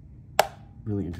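The lid of a Pilot Otobaco pen case is closed so that its plastic interlocking piece locks into the top and the magnets meet, keeping the top from moving. A single sharp, loud knock at 0.4 s marks the lid locking shut, and someone then talks.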